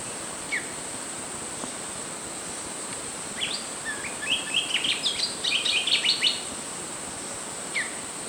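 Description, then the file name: Flycatcher giving isolated sharp chirps, then a hurried burst of twittering, jumbled high notes lasting about three seconds, with a steady background hiss. "suara burung sikatan"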